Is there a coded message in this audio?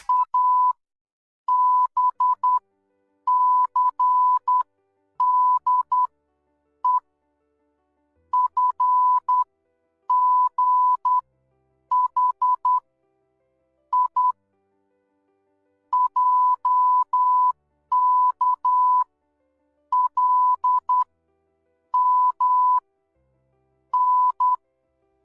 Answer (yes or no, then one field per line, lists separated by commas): yes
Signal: Morse code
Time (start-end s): 0.1-24.5 s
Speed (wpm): 10 wpm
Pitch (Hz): 1000 Hz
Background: none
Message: ABCDEFGHIJKLMN